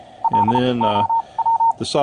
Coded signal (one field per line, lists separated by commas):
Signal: Morse code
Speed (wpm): 34 wpm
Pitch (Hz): 910 Hz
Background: speech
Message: LOW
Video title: Software Controlled Radio Transceiver and Software Demo (K4KRW)